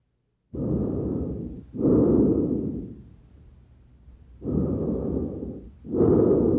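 Two full breath cycles of loud, harsh, hollow blowing sounds, inspiration and expiration about equal in length with a short pause between. Normal tracheal breath sounds, the coarse airflow noise heard over the windpipe.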